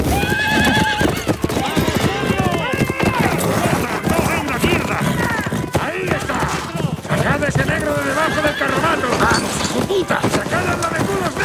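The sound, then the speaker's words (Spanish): Horse hooves clop in a steady, busy rhythm while a horse whinnies in high, wavering cries, all loud and continuous, with people's voices shouting over the commotion. “Lo importante es que vea el puto caballo.”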